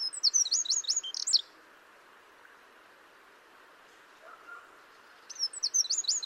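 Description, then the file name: Eurasian wren: a fast, very high trilled phrase at the start, several seconds of near quiet with light hiss, then the trilling resumes at the end. "Troglodytes troglodytes"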